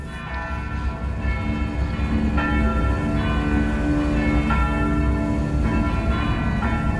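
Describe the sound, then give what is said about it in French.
Several church bells ring together in a loud, continuous full peal in the small town of Guernica at 4:30 pm on 27 April 1937, their overlapping strikes blending into a dense, resonant wash of metallic tones with no voices present. “Il est 16h30, ce 27 avril 1937, lorsque les cloches se mettent à sonner à toute volée.”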